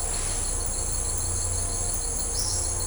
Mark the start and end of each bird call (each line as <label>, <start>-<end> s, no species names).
bird call, 2.29-2.61 s